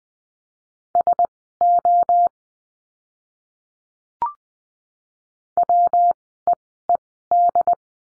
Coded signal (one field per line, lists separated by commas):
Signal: Morse code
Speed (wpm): 20 wpm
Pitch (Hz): 700 Hz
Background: none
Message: SO WEED